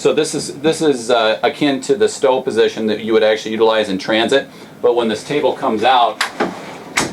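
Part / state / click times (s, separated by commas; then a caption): sliding dinette table into its extended lock in an RV / seated / 7.0 s. Someone talks while a sliding dinette table in a 2013 Winnebago Vista or 2013 Itasca Sunstar RV is pulled out from its stowed travel position to its extended position. At 7.0 s a sharp click is heard as the table locks into its extended position.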